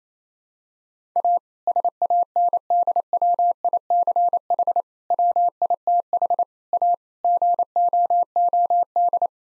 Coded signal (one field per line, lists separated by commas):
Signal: Morse code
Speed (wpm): 27 wpm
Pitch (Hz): 700 Hz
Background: none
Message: A SANDWICH WITH A GOOD